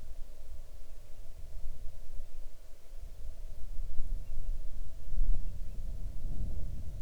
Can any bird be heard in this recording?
yes